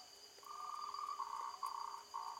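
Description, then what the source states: Frog giving a rapid buzzy trill in sustained bursts, briefly broken and resumed, over a thin high background hum. Recorded on 16 March 2021.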